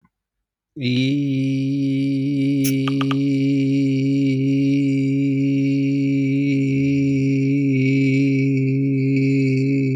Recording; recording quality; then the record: sustained vowel as in beet; excellent, no background noise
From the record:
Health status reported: healthy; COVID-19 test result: not tested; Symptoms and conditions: none ticked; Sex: male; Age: 29 years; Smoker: not ticked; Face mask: not worn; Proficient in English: yes